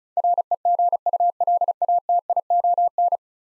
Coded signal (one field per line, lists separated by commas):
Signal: Morse code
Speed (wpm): 36 wpm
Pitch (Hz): 700 Hz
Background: none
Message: REGULATION